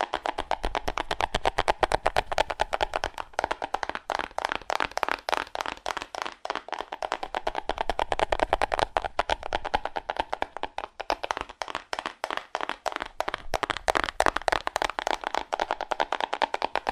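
Fast, aggressive tapping on cardboard, a dense stream of sharp hits running the whole seventeen seconds with hardly a pause. Each tap is crisp and papery, centered in the midrange with a bright edge, and the rhythm surges and thins slightly but never stops.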